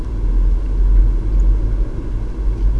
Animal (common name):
Song Thrush